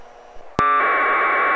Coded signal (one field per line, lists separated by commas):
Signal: packet radio (AX.25, as in APRS)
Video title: Winlink Setup and Demo